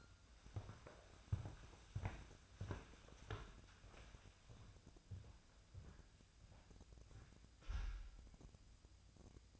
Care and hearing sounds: daily activity, microphone in the room; walk to room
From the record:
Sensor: 2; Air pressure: 999.8 hPa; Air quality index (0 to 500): 117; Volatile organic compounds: 2 ppm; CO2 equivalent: 1008 ppm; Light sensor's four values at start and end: 33/78/35/39 and 34/79/36/40

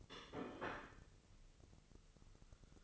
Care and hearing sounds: daily activity, microphone in the room; place plate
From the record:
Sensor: 4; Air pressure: 1008.3 hPa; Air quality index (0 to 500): 81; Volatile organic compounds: 1 ppm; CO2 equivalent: 648 ppm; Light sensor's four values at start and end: 12/28/11/11 and 12/28/11/11

